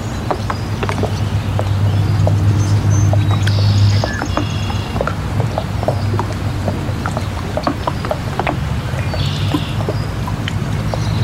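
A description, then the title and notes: A steady low engine hum runs under frequent small knocks and splashes of water against the dock, with brief shrill gull-like cries twice. Marina Ambience: Relaxing Sounds of Boats and Seagulls. Boats gently rocking in the water and seagulls flying overhead. You'll hear the sound of the water lapping against the dock, the distant hum of boat engines, and the occasional cry of a seagull.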